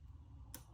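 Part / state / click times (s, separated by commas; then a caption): wire terminal into connector housing / seated / 0.5 s. The crimped terminal of the blue wire, grooved side down, is pushed into the plastic connector housing during mirror re-assembly on a 1988–1991 Honda Prelude, and it clicks and locks in at 0.5 s. A single short, sharp click stands out above a steady low rumble, and the terminal is seated.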